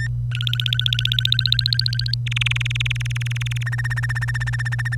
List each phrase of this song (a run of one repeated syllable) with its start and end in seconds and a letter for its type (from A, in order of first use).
0.00-0.07 A, 0.31-2.14 B, 2.26-3.63 C, 3.66-4.95 D